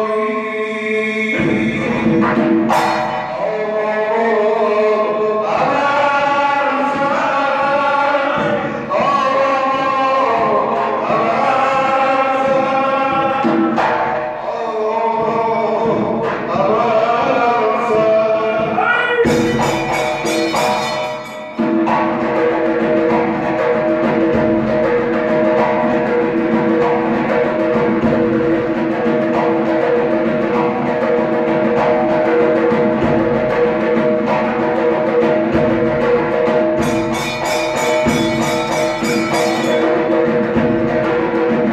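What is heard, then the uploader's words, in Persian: Zurkhaneh music: a chanting voice over a steady, driving drum beat, with brighter cymbal-like bursts around 19–21 and 37–40 seconds. زورخانه.بازار. در این اپیزود فرد در هنگام دعا در میانه برنامه ظهرگاهی زورخانه.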